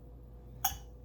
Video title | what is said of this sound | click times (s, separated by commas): How To Make Mead | listen you'll you'll hear it click up into place | 0.6 s